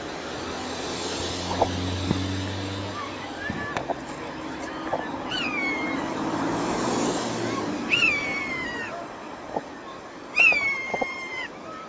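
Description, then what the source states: Eurasian jay giving a few buzzard-like mewing calls, downslurred harmonic whistles, with low hum and background noise. Mimicking a buzzard; recorded in Corsica on 23 July 2003.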